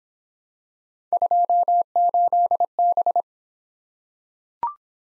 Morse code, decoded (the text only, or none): 28B